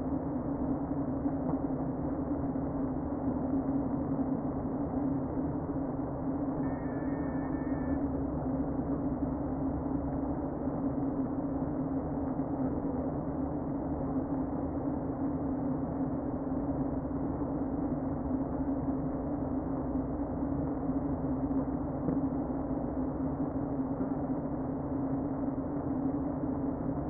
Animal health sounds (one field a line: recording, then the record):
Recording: honeybee colony, microphone inside the hive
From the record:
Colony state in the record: queen present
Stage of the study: before two queens were removed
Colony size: about 60,000 bees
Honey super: yes